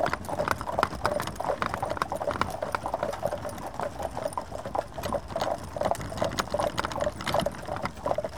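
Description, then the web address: Horse hooves clopping briskly, crisp repeated strikes over an even low rumble throughout. Horses drawing the Norwich Union stagecoach and four. "BBC Sound Effects Library - Horses Dogs Norwich Union Stagecoach And Four"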